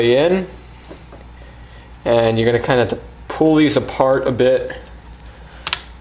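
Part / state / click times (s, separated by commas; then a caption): laptop RAM module into memory slot / seated / 5.7 s. Someone talks while the first laptop RAM stick (SO-DIMM) for a 2012 MacBook Pro upgrade from 4GB (2x2GB) to 8GB (2x4GB) is pushed down into its memory slot. Two sharp clicks at 5.7 s and 5.7 s mark the side latches snapping shut, and the module is seated.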